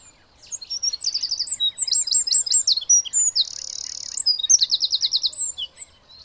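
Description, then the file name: Eurasian wren singing a loud, rapid stream of shrill trills and chips, broken midway by a dry rattling buzz, then a final fast trill. "Troglodytes troglodytes"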